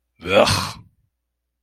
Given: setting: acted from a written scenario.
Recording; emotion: vocal sound without words; disgust